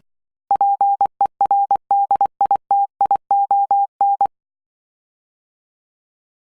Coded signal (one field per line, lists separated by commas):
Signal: Morse code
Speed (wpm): 24 wpm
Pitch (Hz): 800 Hz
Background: none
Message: PERDITION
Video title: Morse Code Practice 4 - 'V' 'L' 'F' 'P' 'J'